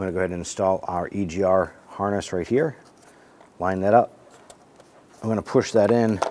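The wiring harness connector of an EGR valve on a 2005–2010 Chrysler 300 is lined up with the valve and about to be pushed on, while someone talks. Nothing has seated or clicked yet by the end of the clip.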